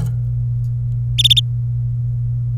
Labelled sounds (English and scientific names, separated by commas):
Domestic Canary (Serinus canaria) song